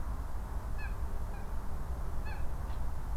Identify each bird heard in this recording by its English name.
Eurasian Coot